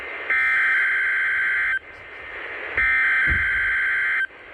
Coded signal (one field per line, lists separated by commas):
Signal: Emergency Alert System (SAME) tones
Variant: header bursts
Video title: Required Weekly Test EAS #227